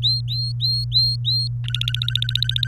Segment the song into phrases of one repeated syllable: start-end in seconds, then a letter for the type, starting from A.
0.03-1.48 A, 1.64-2.67 B